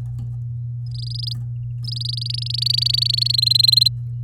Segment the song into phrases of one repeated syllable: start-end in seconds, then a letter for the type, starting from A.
0.86-1.33 A, 1.84-3.36 A, 3.38-3.88 B